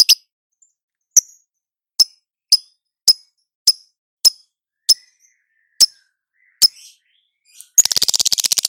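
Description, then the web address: Lovebird calls: a steady series of short, piercing high chirps, ending in a fast rattling chatter. Female lovebird. "love-bird suara-lovebird-betina"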